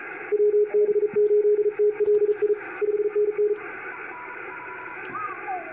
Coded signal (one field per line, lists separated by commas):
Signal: Morse code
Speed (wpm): 33 wpm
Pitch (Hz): 420 Hz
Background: radio noise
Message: WB8TLI 5NN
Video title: EI2KC works J38XX on 10 metres cw and Antron 99